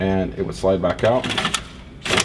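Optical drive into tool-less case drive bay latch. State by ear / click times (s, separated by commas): seated / 2.1 s, 2.2 s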